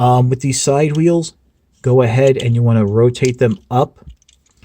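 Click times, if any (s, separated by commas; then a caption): 4.3 s. Someone talks while rotating the side wheels up on a plastic transforming robot figure, and at 4.3 s a small click is heard as one wheel clicks into its hinge. Only one of the side wheels clicks into place on this copy.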